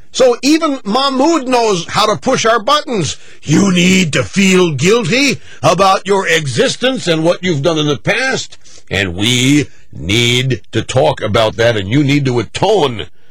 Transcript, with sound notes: So even Mahmoud knows how to push our buttons. [In Middle Eastern accent] “You need to feel guilty about your existence and what you've done in the past, and we need to talk about that, and you need to atone.”